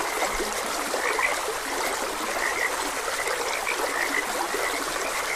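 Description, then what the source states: Frog croaks come in scattered bursts within a chorus, over a flowing stream. Frogs croaking beside a gentle stream.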